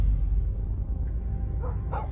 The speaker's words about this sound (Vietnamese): Ở trong xóm còn vọng ra tiếng chó cắn